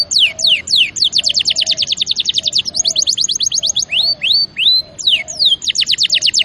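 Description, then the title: Canary song of long rapid rattling trills broken by sliding whistles, rising notes and swept phrases, with faint low notes beneath. Champion canary song used as a master recording for training other birds. "Masteran Kenari Juara"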